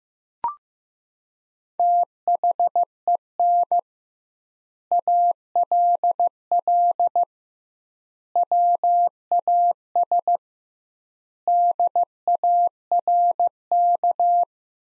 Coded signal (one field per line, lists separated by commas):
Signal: Morse code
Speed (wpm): 15 wpm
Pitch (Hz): 700 Hz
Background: none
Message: THEN ALL WAS DARK